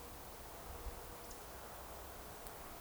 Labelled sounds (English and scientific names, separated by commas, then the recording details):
Eurasian Woodcock (Scolopax rusticola) whistle
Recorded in Baden-Württemberg, Germany, on 29 June 2020 at 02:28 UTC
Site 43791, 788 m above sea level